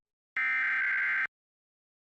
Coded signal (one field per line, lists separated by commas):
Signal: Emergency Alert System (SAME) tones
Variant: header bursts